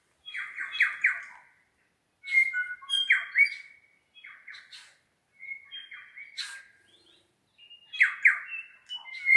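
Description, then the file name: New Zealand bellbird song: repeated bursts of ringing, liquid notes and short chimes, phrases separated by brief pauses, with a few sharper higher notes mixed in. More than one bellbird singing in the Craigieburn Range, New Zealand. "New Zealand Bellbirds (Anthornis melanura) singing in Craigieburn Range"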